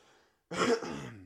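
After a brief quiet moment, an adult gives a single abrupt, voiced throat clear, crisp like a short cough. It lasts about half a second and trails off into a low rumble. It is one isolated clearing with no repeated coughing, in a small, quiet room.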